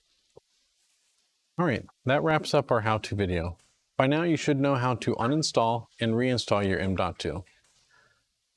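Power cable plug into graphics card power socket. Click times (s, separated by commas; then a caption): 0.4 s. A PCIe power cable plug is pushed with light pressure into the power socket on the side of a graphics card, and its plastic latch gives a single short, faint snap at 0.4 s as it seats. After a brief silence, someone talks.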